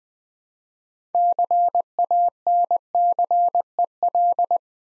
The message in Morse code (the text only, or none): CANCEL